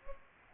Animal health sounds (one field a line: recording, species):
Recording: mosquito wingbeat signal from an infrared sensor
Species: Culex pipiens